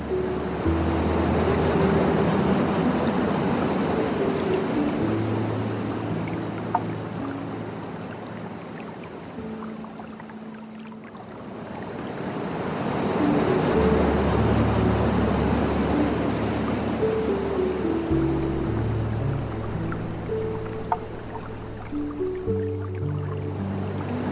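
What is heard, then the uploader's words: Soft piano plays slow, long-held low notes and chords over the steady rushing murmur of a water stream. The water's hiss stays dense throughout, easing briefly around the middle before swelling back, with a couple of faint clicks along the way. Tranquil Piano and Nature Sounds. Relaxing Piano Music and the gentle murmur of a Japanese Water Stream.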